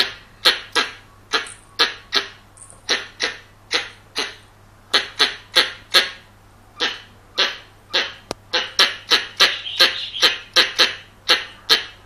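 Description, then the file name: Squirrel giving a long series of rasping chuck notes, singly and in twos, steady for several seconds and then quickening, over a low background hum. Young male squirrel. "กระรอกหนุ่ม"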